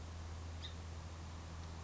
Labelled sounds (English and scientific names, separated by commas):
House Finch (Haemorhous mexicanus)